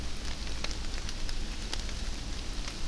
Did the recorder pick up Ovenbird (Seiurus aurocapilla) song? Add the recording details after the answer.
no. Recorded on 24 June 2016 at 07:44. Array SBT-6-76